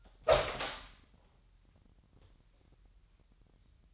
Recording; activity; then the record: daily activity, microphone in the room; open door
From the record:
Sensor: 3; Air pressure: 998.4 hPa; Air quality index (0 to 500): 142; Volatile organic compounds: 4 ppm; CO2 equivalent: 1702 ppm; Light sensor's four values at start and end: 16/45/18/17 and 16/45/18/17